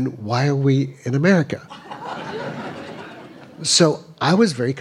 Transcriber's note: laughter